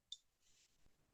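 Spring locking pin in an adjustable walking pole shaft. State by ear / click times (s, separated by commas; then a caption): not seated / none. Someone pulls the top section of an adjustable walking pole out beneath its first clip, working the shaft toward where the spring locking pin will pop into its hole. A sharp, bright tick comes at 0.1 s, then a soft hissing slide from about 0.4 to 0.7 s and a dull low thump near 0.9 s. The pin has not yet clicked into place and nothing has seated.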